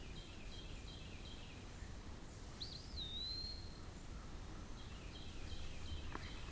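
Eastern wood-pewee singing one sweet slurred whistle that rises then glides down, with faint rapid chipping from another bird before and after, over low-pitched background noise.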